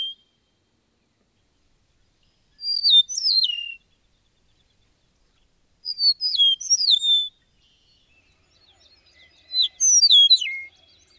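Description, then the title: Bird song in three short bursts a few seconds apart, each a quick series of high, sweeping whistled notes sliding downward. "BIrd Luar Ngri"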